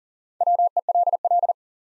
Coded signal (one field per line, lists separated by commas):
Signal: Morse code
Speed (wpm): 40 wpm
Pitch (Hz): 700 Hz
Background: none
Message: WELL